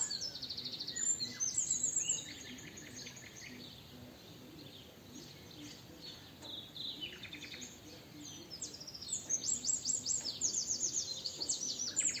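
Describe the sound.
Eurasian wren giving rapid, high, trilled bursts near the start and again from about nine seconds.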